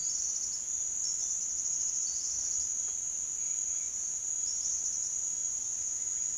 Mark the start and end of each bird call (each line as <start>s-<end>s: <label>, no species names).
0.00s-0.65s: bird call
1.03s-2.69s: bird call
4.40s-5.10s: bird call